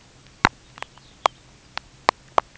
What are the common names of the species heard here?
Lapland Longspur